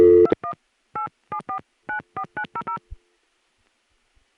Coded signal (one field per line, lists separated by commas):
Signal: DTMF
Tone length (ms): 90 ms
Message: 21 87494900